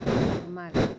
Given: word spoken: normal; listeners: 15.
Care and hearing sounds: one Spanish word in noise, from a listening test; noise modulated by one talker; -11.3 dB; 3 of 15; 10 of 15; 0.59 s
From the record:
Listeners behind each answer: 10, 3, 1, 1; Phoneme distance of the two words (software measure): 21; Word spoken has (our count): 2 syllables, 6 phonemes, stress on syllable 2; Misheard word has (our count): 1 syllable, 3 phonemes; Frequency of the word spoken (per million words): 80.55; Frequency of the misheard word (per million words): 235.73

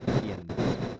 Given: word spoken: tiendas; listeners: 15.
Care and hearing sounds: one Spanish word in noise, from a listening test; noise modulated by one talker; -10.3 dB; 2 of 15; 6 of 15; 0.60 s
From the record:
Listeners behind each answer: 6, 3, 2, 1, 1, 1, 1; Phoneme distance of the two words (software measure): 24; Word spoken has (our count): 2 syllables, 7 phonemes, stress on syllable 1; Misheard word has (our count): 2 syllables, 7 phonemes, stress on syllable 1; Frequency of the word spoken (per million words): 20.29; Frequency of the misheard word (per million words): 60.86

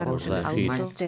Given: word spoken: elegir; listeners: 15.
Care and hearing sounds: one Spanish word in noise, from a listening test; four-talker babble; -2.5 dB; 0 of 15; 6 of 15; 0.67 s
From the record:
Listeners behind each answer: 6, 2, 1, 1, 1, 1, 1, 1, 1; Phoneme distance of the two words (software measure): 27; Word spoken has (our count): 3 syllables, 6 phonemes, stress on syllable 3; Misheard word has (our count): 3 syllables, 7 phonemes, stress on syllable 3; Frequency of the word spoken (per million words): 38.91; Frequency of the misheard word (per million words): 14.65

